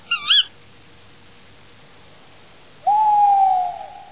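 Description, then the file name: Tawny owl calling: a brief sharp rising-falling note, then after a pause a long steady mid-pitched hooting tone that fades slowly; otherwise quiet. "kattuggla"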